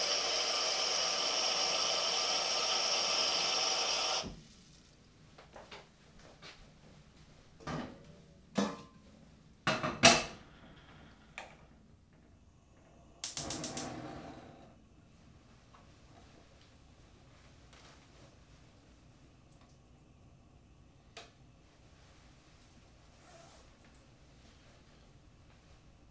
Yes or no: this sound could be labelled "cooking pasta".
yes